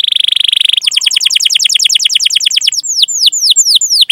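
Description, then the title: Canary song opens with a fast buzzy roll, then a quick run of sweeping chirps that slows into separate slurred notes. Canary singing actively (gacor), with its best song style (cengkok) and rich fill-in phrases (isian), as prized by songbird hobbyists. "Kenari Gacor Cengkok Terbaik Isian Paling Mewah Kenarigacor Kicaumania Kenari"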